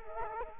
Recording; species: mosquito wingbeat signal from an infrared sensor; Culex quinquefasciatus